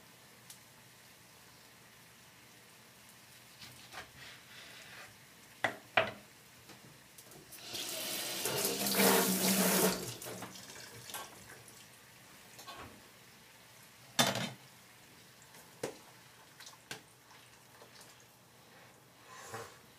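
Food being prepared ahead for lunchboxes: scattered clicks and knocks, then a loud sizzling hiss from about eight to ten seconds, and more sharp taps after.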